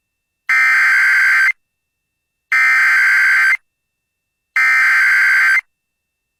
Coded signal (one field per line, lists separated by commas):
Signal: Emergency Alert System (SAME) tones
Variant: header bursts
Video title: Central MS Alerts: EAS Alerts From 3/25/24 (EAS #2278-2286)